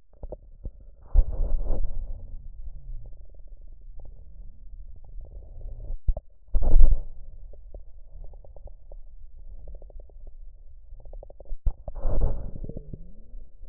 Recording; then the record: lung sounds by stethoscope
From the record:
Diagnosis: chronic bronchitis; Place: left posterior upper chest